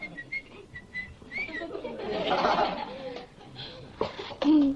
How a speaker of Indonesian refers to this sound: Perempuan bersiul. Belum. Hah? Belum apa perempuan bersiul terus? Belum kedengeran kok siulannya. Malam-malam enggak baik. Kok denger siulan terus sih?